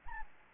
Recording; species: mosquito wingbeat signal from an infrared sensor; Anopheles gambiae